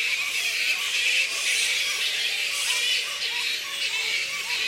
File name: black fruit bats -pteropus alecto colony squeaks